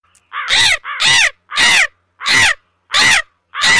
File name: la urraca